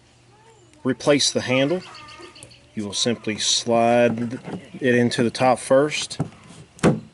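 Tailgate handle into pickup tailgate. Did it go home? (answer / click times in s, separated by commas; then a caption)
yes / 6.8 s. A replacement tailgate handle for a 2014–2018 Chevy/GMC pickup is slid into the top of its opening first, then pushed down into the tailgate while someone talks. A sharp snap at 6.8 seconds marks the handle seating into the tailgate.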